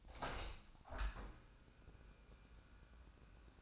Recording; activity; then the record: daily activity, microphone in the room; open window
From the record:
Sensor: 2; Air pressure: 1000.2 hPa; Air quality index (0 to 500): 154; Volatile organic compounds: 2 ppm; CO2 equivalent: 1281 ppm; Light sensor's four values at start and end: 11/30/11/13 and 11/31/12/14